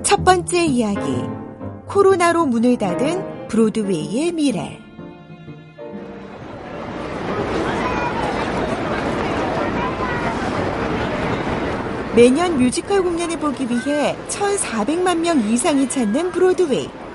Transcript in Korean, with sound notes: “첫 번째 이야기, 코로나로 문을 닫은 브로드웨이의 미래” [현장음:브로드웨이] 매년 뮤지컬 공연을 보기 위해 1천400만 명이 이상이 찾는 브로드웨이.